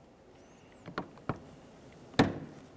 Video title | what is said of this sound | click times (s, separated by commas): How to Replace Drivers Side Mirror 2004-2015 Nissan Titan | press it in listen for a click give it a tug to make sure it's secure | 2.2 s